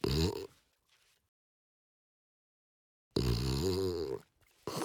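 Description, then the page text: French Bulldog giving a short raspy snort, then a long pause of silence, followed by a longer rattling, wheezy snort and another brief one. "French Bulldog Snort Sequence. Quick Sounds"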